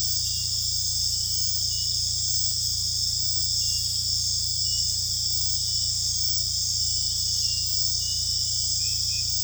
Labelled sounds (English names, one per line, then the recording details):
none
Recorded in secondary vegetation near Puerto Asís, Putumayo, Colombia, on 18 December 2024 at 22:00
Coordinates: 0.484, -76.319
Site GP06